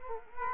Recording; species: mosquito wingbeat signal from an infrared sensor; Culex quinquefasciatus